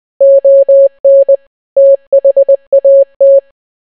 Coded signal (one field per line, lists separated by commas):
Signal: Morse code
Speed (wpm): 20 wpm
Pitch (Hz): 550 Hz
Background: none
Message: ON THAT